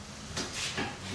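A bike pannier bag's mounting clip is handled against the metal rear rack rail, with brief scraping and rustling bursts from about 0.4 s over a low steady hum. Nothing has seated or clicked yet.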